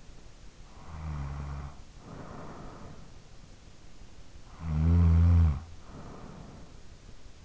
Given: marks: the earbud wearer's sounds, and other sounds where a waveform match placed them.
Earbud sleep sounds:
sounds in sleep by an in-ear microphone; snoring breath
0.51-3.61 s: snoring breath
4.28-7.45 s: snoring breath

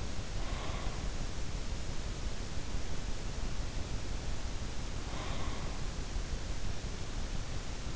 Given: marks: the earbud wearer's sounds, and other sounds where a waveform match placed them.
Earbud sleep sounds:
sounds in sleep by an in-ear microphone; breath
0.00-1.52 s: breath
4.98-6.01 s: breath

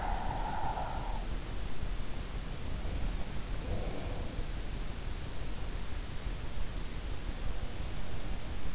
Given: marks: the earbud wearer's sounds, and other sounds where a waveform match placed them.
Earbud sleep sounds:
sounds in sleep by an in-ear microphone; breath
0.04-1.33 s: breath

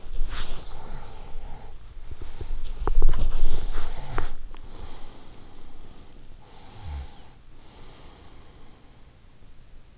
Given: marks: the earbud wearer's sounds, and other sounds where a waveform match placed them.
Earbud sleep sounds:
sounds in sleep by an in-ear microphone; breath, body movement, snoring breath
0.00-2.26 s: breath
0.06-9.11 s: body movement
3.01-6.31 s: snoring breath
6.44-9.11 s: snoring breath

